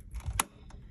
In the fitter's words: so you hear a click as you saw um these bottom clips clipped up to the